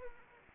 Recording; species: mosquito wingbeat signal from an infrared sensor; Anopheles arabiensis